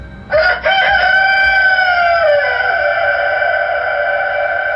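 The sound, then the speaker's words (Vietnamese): A caged rooster, carried on a man's back and set off by a slap on its cage in a mountain gorge, lets out a single loud, drawn-out crow, opening with a few sharp stuttering notes before settling into a long, ringing harmonic call that echoes over the water, holds steady and slowly fades. “Anh ta vội vỗ mạnh vào lồng gà sau lưng, gà nộ tình lập tức cất tiếng gáy vàng, âm thanh dội xuống mặt nước.”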